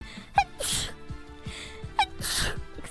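Two sneezes from the speaker, about 1.6 seconds apart. Each starts with a short voiced catch of breath and then breaks into a sharp, hissy burst of air. This is an ordinary sneeze pattern.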